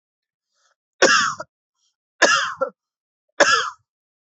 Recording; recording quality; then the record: heavy voluntary cough; excellent, no background noise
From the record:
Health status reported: healthy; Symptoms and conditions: none ticked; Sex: male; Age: 28 years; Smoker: not ticked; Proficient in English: yes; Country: India